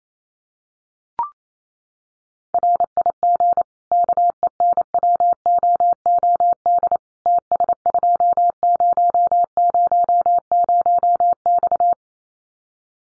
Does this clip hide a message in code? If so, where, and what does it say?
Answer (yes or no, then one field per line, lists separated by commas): yes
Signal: Morse code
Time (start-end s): 2.5-11.9 s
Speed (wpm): 28 wpm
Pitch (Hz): 700 Hz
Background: none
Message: RIG KENWOOD TS2000X